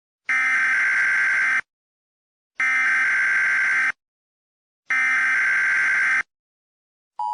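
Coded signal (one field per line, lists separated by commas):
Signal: Emergency Alert System (SAME) tones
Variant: header bursts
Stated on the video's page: Fictional scenario break-in alert, intended as a prank.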